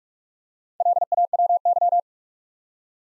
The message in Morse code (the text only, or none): LAWY